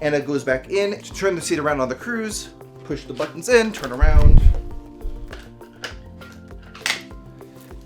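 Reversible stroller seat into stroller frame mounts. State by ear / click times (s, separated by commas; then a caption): seated / 6.9 s. A reversible stroller seat on an UPPAbaby Cruz V2 stroller has its buttons pushed in, is turned around, and is set back onto the frame mounts while someone talks over background music. Light handling knocks lead up to a sharp click at 6.9 s as the seat seats back into the frame.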